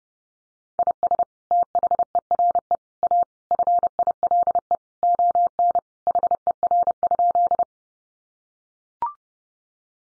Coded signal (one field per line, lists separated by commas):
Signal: Morse code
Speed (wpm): 28 wpm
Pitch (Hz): 700 Hz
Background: none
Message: IS THERE A FILE ON HER?